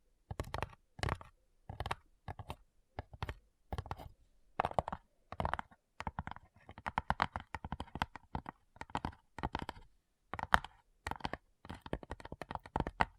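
Addictive tapping in quick, uneven bursts of sharp clicks, sometimes single taps and sometimes rapid flurries, over silence with faint low rumbles.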